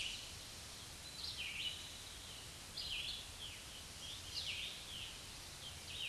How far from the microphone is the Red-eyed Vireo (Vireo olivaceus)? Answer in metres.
about 20 m